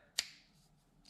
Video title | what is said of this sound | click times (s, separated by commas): 2014 Chevy SS - Upgrades Ep 7 - PCV Updates | here's the 3/8 fuel fitting from Russell and we're gonna show you that it snaps right into the PCV | 0.2 s